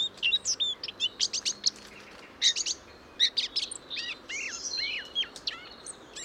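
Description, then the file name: Eurasian blackcap warbling song of quick sharp chirps, then a few clearer whistled and slurred notes near the end, with soft hiss behind. "Sylvia atricapilla"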